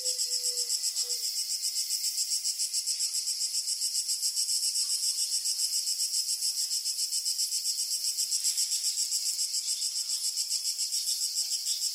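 Crickets giving a steady, shrill, fast-pulsed trill that runs without a break, with one brief low tone near the start.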